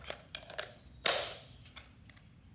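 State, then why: Seated. An aftermarket air box piece is pressed down by hand into its air box/frame mount on a 2024+ YZ250F motorcycle, with light tapping and handling noises around it. Sharp plastic snaps are heard at 0.4 s and 1.1 s, the second the loudest with a bright ringing decay. The part clicks into place and is seated.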